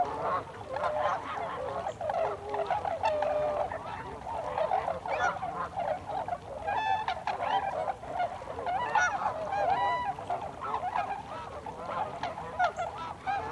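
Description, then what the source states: Tundra swans calling en masse, a long stretch of overlapping honks and clipped yelps, intensity swelling and easing. Tundra swans, 26 December 2020.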